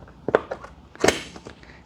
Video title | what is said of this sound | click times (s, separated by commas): Kawasaki Ninja 1100 SX Billet Luggage Rack for bikes "With Bags" Full Install | And then push down and you'll hear it click. | 0.3 s, 1.1 s